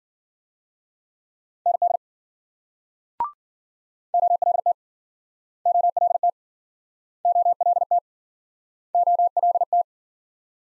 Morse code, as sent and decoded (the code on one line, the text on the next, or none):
-. -.. / --- .-.. - / --- .-.. - / --- .-.. - / --- .-.. -
ND OLT OLT OLT OLT